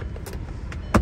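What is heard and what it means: On a 2008 VW R32, the extended center armrest in the center console is released from its lock and drops back down to its resting position. Faint ticks are heard before a sharp click at 0.9 s. The armrest is released.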